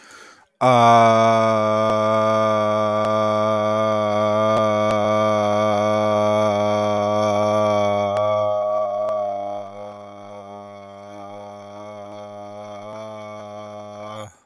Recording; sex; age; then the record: vowel held as long as possible; male; 30 to 39 years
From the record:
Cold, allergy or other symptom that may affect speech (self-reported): no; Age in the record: 30 years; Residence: Nevada, United States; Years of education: 12